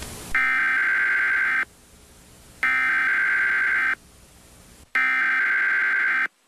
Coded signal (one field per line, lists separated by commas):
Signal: Emergency Alert System (SAME) tones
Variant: header bursts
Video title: Doodle Kaden reacts to harclaus eas scenario by @C_T_C09Official (Watch till the end)